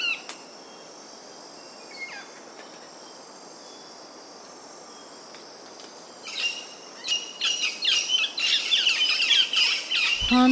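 Double-eyed fig parrot calls: quiet at first with a few faint notes, then a sudden burst of rapid, shrill chattering notes that grows denser toward the end.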